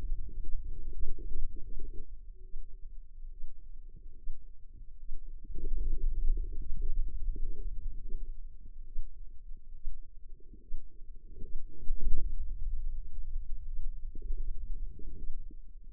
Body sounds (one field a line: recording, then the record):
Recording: forearm muscle sounds (acoustic myography)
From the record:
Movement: hand opening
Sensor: system 2, bracelet of six BSWA MPA416 microphones around the upper forearm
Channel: 1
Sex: female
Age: 25 years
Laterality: right